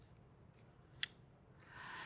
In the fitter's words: until you hear a click like this